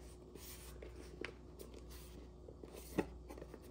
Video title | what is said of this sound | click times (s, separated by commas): Temu Haul - Craft Supplies | oh my gosh does it not close at all | none